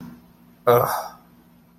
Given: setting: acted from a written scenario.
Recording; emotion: vocal sound without words; contempt